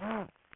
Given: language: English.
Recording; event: throat vibration sensor signal played as sound; throat clearing